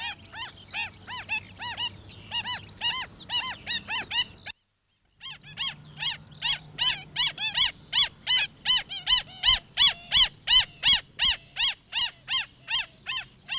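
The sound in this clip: Black stilt calling in a fast, regular run of nasal yapping notes, with a short silent gap early on.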